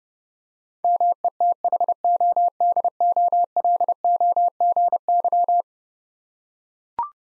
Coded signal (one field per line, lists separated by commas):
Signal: Morse code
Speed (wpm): 29 wpm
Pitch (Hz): 700 Hz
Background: none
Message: METHODOLOGY